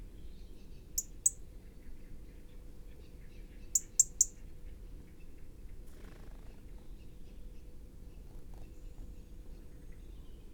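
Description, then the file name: European robin giving brief, very high, thin ticking notes, first a pair, then a tight triplet a few seconds later, amid steady low rumbling background noise. "Erithacus rubecula"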